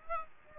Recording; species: mosquito wingbeat signal from an infrared sensor; Aedes aegypti